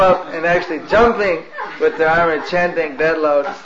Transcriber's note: laughter